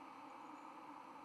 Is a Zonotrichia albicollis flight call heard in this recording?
no